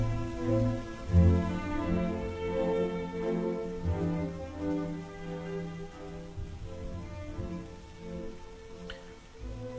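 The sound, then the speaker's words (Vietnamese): Heavy rain pours down outdoors in a steady, dense hiss, with low sustained droning tones running underneath the whole time and no voices. “Ngoài trời lúc này mưa lại bắt đầu rơi tầm tã.”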